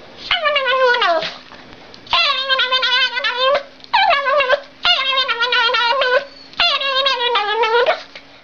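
Dog whining and yelping in five drawn-out, wavering bursts with short pauses between and a faint constant hum.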